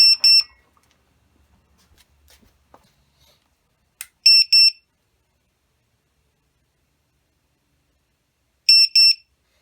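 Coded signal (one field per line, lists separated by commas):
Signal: alarm pattern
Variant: lost drone buzzer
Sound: three pairs of shrill high beeps, a pair roughly every four seconds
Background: faint clicks, small room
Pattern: 2 short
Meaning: Lost model alarm active after the main battery is disconnected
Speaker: So every 4 seconds, it'll send out 2 beeps. And that will happen for 2 hours.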